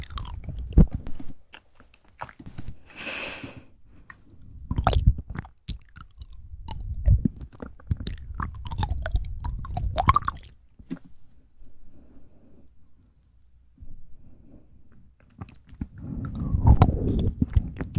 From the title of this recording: ASMR Fast Mouth Sounds